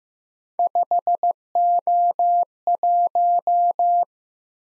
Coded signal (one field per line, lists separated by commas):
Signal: Morse code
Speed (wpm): 15 wpm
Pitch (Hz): 700 Hz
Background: none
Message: 5O1